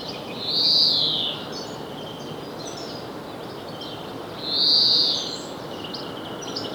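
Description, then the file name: European greenfinch uttering two drawn-out nasal wheezes about four seconds apart, against background hiss. "Chloris chloris"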